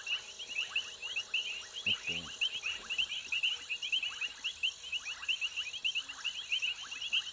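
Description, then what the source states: Frogs calling in a dense chorus of rapid rattling croaks, with a constant high insect trill throughout. Frogs croaking with crickets, at night in a jungle swamp in Africa.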